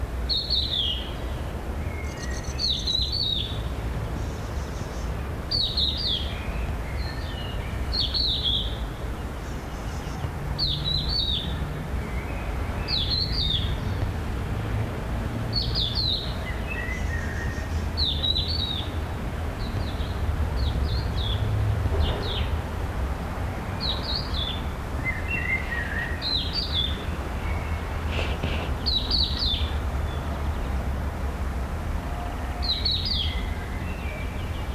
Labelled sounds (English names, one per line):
Crested Lark call